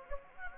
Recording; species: mosquito wingbeat signal from an infrared sensor; Anopheles gambiae